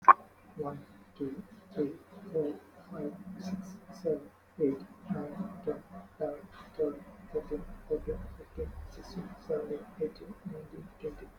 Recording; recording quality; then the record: counting at a normal pace; excellent, no background noise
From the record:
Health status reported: healthy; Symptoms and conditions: hypertension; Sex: male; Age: 29 years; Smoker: not ticked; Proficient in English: yes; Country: India